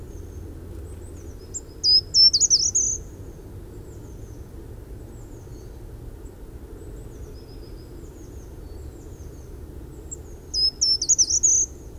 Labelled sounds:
Short-toed Treecreeper (Certhia brachydactyla) song
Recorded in the wild
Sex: male
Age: adult
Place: Erlangen, Bayern, DE
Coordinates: 49.5675, 11.0142
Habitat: forest
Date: 1964-03-24
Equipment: Vollspur, Parabolspiegel Grampian
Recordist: Tretzel, Erwin

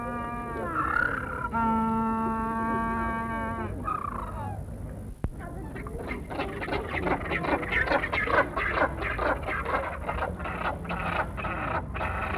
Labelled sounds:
Southern Rockhopper Penguin (Eudyptes chrysocome) call
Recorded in captivity
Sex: pair
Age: adult
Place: Tierpark Carl Hagenbeck, Hamburg, DE
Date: 1961-08-25 15:00
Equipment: Minifon, Kopie Smaragd
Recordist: Tembrock, Günter

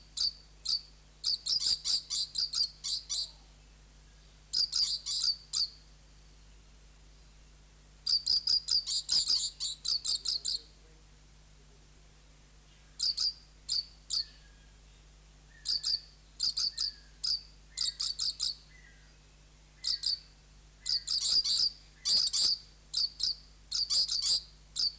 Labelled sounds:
Coconut Lorikeet (Trichoglossus haematodus)
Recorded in captivity
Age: adult
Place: Zoo Berlin, Berlin, DE
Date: 1992-06-20 11:52
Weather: wolkig-heiter, 20-24°C
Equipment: Marantz CP 430, Sennheiser ME 80, Kopie Tesla B 116
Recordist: Tembrock, Günter

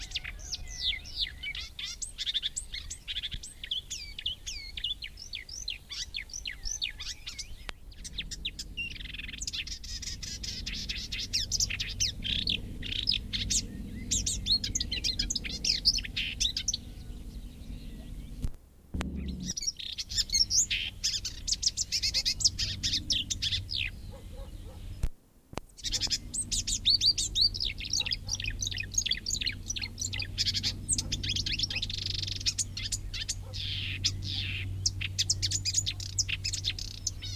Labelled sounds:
Marsh Warbler (Acrocephalus palustris)
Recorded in the wild
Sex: male
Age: adult
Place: Wiesenthau, Bayern, DE
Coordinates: 49.7128, 11.1353
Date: 1961-05-22
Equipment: Stellavox SM 4, Original, Vollspur
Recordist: Tretzel, Erwin

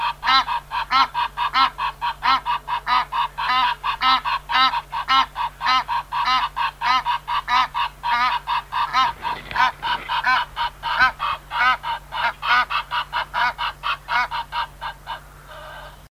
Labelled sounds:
Egyptian Goose (Alopochen aegyptiaca) call
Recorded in captivity
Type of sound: call
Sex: diverse
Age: adult
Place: Vogelpark Walsrode, Niedersachsen, DE
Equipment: Halbspur, 9,5 cm/s
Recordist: Lütgens, Hans
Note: Weibchen mit tiefen Lauten

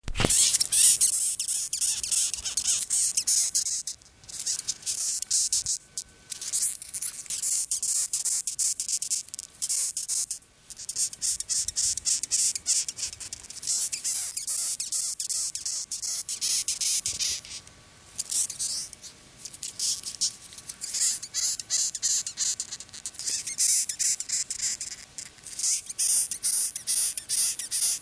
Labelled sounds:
Cerambyx Longicorn (Cerambyx cerdo) stridulation
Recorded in captivity
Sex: male
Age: imago
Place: Berlin, OT Niederschönhausen, Berlin, DE
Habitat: park
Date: 1983-06-04 22:57
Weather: sonnig, 21 °C
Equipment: Nagra SN, Kopie Uher 4000 Monitor Report
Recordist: Tembrock, Günter
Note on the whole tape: Schloßpark Niederschönhausen. Zwei Männchen: Stridulation in der Hand

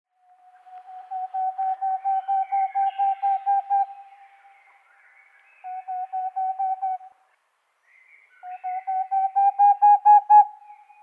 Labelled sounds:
Boreal Owl (Aegolius funereus)
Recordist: Frommolt, Karl-Heinz
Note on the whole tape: Mehrere Rufreihen Entfernung minimal 10 m Tier hatte Beobachter umflogen und direkt im Baum darüber gerufen

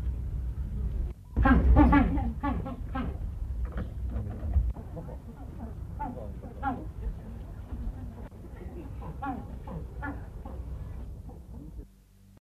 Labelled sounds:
Magellanic Penguin (Spheniscus magellanicus) call
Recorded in captivity
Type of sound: call
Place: Ruhrzoo Gelsenkirchen, Nordrhein-Westfalen, DE
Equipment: Halbspur, 9,5 cm/s
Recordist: Lütgens, Hans
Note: Rufe

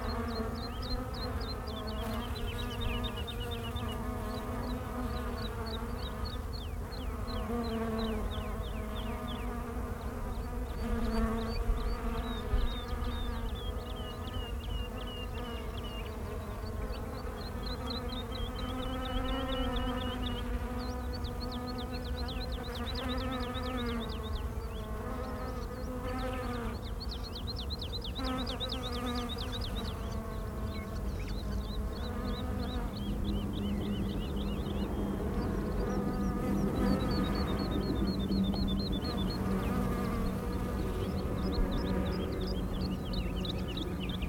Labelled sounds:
Honey Bee (Apis mellifera)
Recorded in the wild
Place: Melnik, Blagoewgrad, BG
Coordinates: 41.525, 23.392
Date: 1974-05-24
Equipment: Nagra III BH, Sennheiser MD 21
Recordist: Schubert, Michael

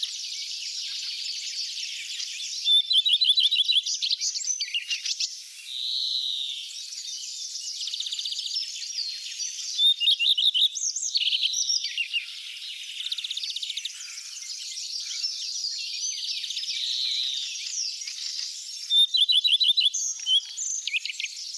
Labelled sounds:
Common Redstart (Phoenicurus phoenicurus) song
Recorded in the wild
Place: Oberrotweil am Kaiserstuhl, Baden-Württemberg, DE
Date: 1991-05-19
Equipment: Dat-Recorder Casio DA 7, Telinga M2, stereo, Telinga-Parabolspiegel
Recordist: Schwarz, Dieter

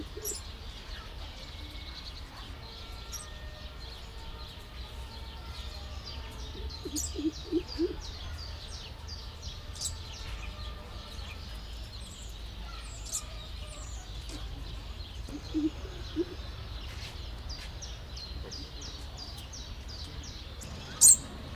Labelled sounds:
Papuan Lorikeet (Charmosyna papou) call
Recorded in captivity
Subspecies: stellae
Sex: pair
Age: adult
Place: Zoo Halle, Sachsen-Anhalt, DE
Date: 1998-04-16 16:03
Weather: bedeckt, ca. 12°C
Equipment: Sony MD-WM MZ-R3, Sennheiser MKH 416 T, Kopie Uher 4000 Report Monitor
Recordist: Tembrock, Günter

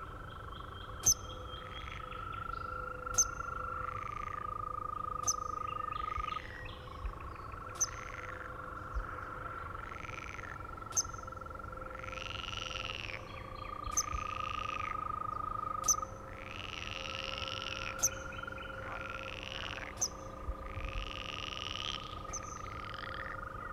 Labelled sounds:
Eurasian Coot (Fulica atra) call
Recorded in the wild
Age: adult
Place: Malchower Aue, Berlin, DE
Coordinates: 52.5817, 13.4869
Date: 1990-05-20 21:36
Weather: Temperatur: Luft - 14,5°C
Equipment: Uher 4400 Report Monitor, Sennheiser MKH 416 T
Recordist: Frommolt, Karl-Heinz

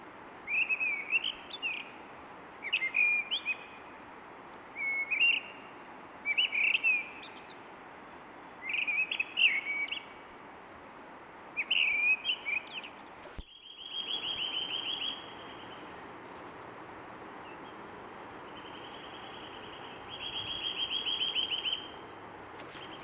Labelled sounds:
Mistle Thrush (Turdus viscivorus) song
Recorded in the wild
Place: Oberstdorf, Bayern, DE
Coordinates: 47.38, 10.2969
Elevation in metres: 881
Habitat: mountains
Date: 1977-03-20
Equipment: Nagra IV, Sennheiser MKH 405, Parabolreflektor
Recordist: Tretzel, Erwin

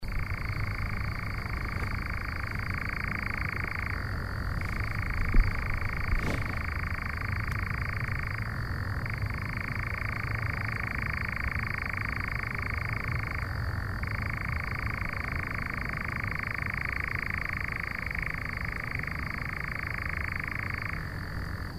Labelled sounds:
Eurasian Nightjar (Caprimulgus europaeus)
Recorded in the wild
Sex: male
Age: adult
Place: Schönow, Naturpark Barnim, Brandenburg, DE
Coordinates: 52.6947, 13.5039
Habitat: heather
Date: 2013-06-07 22:30
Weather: clear, windless, 15°C
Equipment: Sound Devices 702, Sennheiser MKH 70, Rycote Windschutz
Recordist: Frommolt, Karl-Heinz

